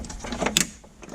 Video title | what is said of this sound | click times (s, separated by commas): 88 to 94 LMC Truck Dash install with the wife. And pretty sure the OBS truck is no longer mine! | we go and now our gauges are clipped in | 0.6 s